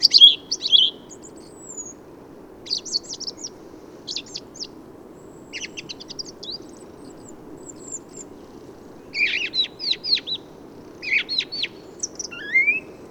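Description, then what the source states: Song thrush in quiet, varied song of thin whistles and scratchy notes, with a rising whistle near the end and pauses between phrases. Autumn improvised song, 15 November 2020, Forêt de Valdrôme, France; thrushes staying in forest thanks to heavy whitebeam and rowan fruiting; recorded with Nagra Seven and Telinga parabola.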